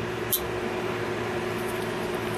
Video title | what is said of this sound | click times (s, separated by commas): Friction folders and new packaging | me do that so you guys can hear it you hear the click that's | 0.3 s